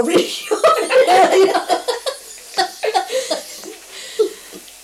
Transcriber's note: laughs